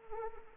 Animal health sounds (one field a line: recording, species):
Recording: mosquito wingbeat signal from an infrared sensor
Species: Anopheles arabiensis